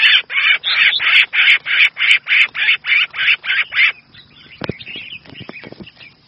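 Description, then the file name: Red-whiskered bulbul distress call: fast run of rasping notes for four seconds, followed by quieter scattered chirps and clicks. Distress call; the bird is calling for help. "Tieng chao mao keu cuu"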